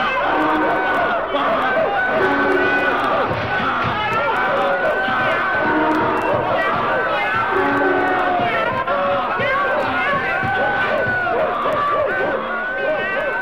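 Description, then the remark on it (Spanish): A loud, chaotic din of overlapping voices imitating a donkey braying, a dog barking, a rooster clucking and a cat meowing, mixed with shouting, continuous and unbroken for over thirteen seconds, performed by the Cuadro de Actores de Radio Madrid. “Rebuznos, ladridos, cacareos, maullidos, gritos...”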